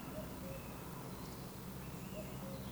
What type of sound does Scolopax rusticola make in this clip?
whistle